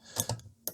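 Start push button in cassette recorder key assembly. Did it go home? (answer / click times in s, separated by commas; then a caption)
no / none. Someone holds down the cassette-detect switch with one finger while pressing the plastic start key in the key assembly of a vintage ITT SL54 Automatic shoebox cassette recorder. Short plastic clicks sound at 0.2, 0.3 and 0.4 seconds, then a sharper click at 0.7 seconds. The start key springs back up instead of locking down, so nothing has latched.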